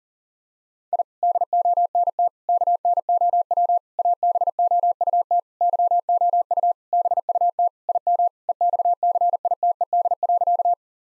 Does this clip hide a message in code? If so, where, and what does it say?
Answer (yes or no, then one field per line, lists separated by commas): yes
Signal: Morse code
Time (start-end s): 0.9-10.7 s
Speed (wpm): 37 wpm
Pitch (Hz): 700 Hz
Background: none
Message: I DONT KNOW ABOUT YOU BUT IM EXCITED.